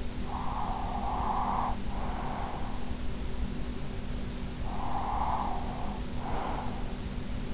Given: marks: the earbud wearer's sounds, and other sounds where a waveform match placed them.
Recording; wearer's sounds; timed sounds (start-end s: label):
sounds in sleep by an in-ear microphone; breath
0.00-2.94 s: breath
4.72-6.82 s: breath